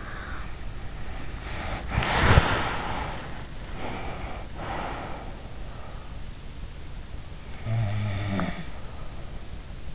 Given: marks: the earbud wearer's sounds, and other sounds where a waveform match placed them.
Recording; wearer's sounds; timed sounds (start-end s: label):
sounds in sleep by an in-ear microphone; breath, body movement, snoring breath
0.00-3.46 s: breath
1.76-3.27 s: body movement
3.74-6.16 s: breath
7.53-9.36 s: snoring breath